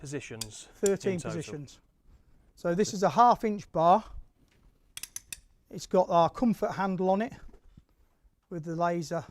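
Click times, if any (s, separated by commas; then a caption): 5.0 s, 5.2 s, 5.3 s. Someone talks while the click-adjust multi-position head of a 1/2 inch Laser power bar with a comfort handle is moved through its 13 positions. Sharp metallic detent clicks sound at 5.0, 5.2 and 5.3 seconds as the head locks in place.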